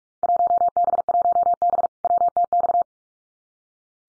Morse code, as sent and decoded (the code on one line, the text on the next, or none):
.---- -... .---- -... / .-- - -..-
1B1B WTX